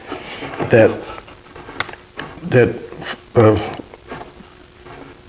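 Someone talks while handling the small oak locking block on the frame of a folding cedar camping table, with a few brief taps and knocks around 1.8, 2.2 and 3.9 seconds. Nothing has seated or clicked yet; the block has not dropped into place to lock the folding part.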